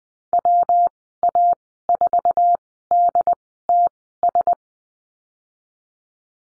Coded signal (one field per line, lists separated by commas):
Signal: Morse code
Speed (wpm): 20 wpm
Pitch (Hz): 700 Hz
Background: none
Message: WA4DTS